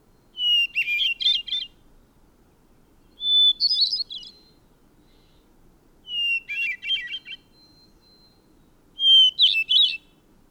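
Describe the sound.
Bird song in four phrases spaced about three seconds apart, each a steady whistled note followed by a jumbled, trilling cluster of high notes.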